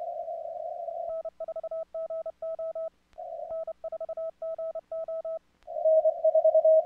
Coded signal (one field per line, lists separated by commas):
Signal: Morse code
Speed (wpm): 31 wpm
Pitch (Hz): 1300 Hz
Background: radio noise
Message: N4GO N4GO